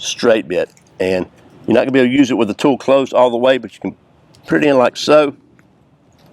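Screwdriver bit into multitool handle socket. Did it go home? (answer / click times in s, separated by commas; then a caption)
yes / 5.6 s. A man talks while a long double-ended Phillips and straight screwdriver bit is pushed into its socket at the end of the handle of a Leatherman MUT multitool for AR-15 style rifles, with the tool not closed all the way. A short sharp click is heard at 5.6 seconds as the bit goes in, and it locks in place.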